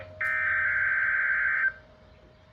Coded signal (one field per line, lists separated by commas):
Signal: Emergency Alert System (SAME) tones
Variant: header bursts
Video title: (EAS #130) KMKX Required Weekly Test